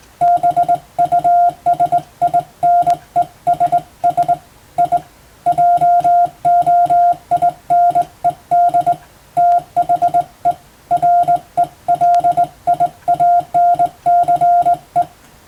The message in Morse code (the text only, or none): BUSINESS I JOINED THE RELIANCE